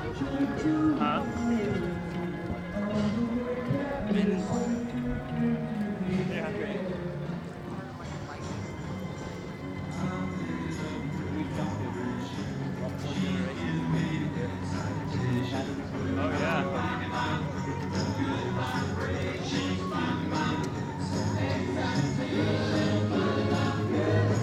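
A walk through the Universal Studios Florida theme park, with a steady crowd of overlapping voices and chatter throughout. Music-like tones drift through the first few seconds, and scattered clicks, knocks and footstep-like taps come and go over a dense, unbroken hubbub.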